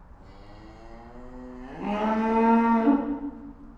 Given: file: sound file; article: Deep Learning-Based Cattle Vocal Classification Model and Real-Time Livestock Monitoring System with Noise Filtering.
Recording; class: cattle; estrus call